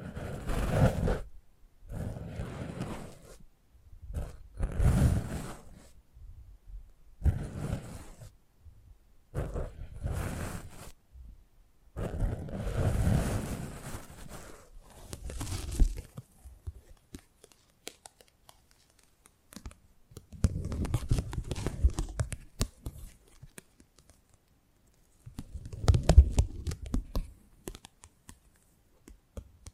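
Close-up ASMR mic treatment: soft rubbing and brushing strokes come in short bursts, each a second or two, with brief silent gaps between. The sounds are mostly low and muffled with some crisp, papery edges, growing sparser after about fifteen seconds.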